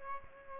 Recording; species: mosquito wingbeat signal from an infrared sensor; Aedes aegypti